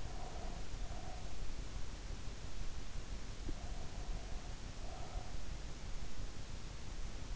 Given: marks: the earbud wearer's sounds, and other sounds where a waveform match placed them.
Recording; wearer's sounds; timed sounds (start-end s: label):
sounds in sleep by an in-ear microphone; breath
0.00-1.36 s: breath
3.38-5.49 s: breath